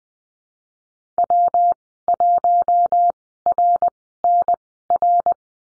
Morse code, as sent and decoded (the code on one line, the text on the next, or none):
.-- .---- .-. -. .-.
W1RNR